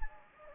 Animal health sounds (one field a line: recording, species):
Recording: mosquito wingbeat signal from an infrared sensor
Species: Anopheles gambiae